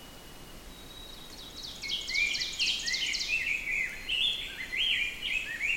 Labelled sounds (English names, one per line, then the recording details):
Ovenbird song
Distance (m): 65 m
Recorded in boreal forest in Alberta, Canada, on 4 June 2016 at 06:03
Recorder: SongMeter 3, array SBT-3-51
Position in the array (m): 272 m, 125 m
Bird 28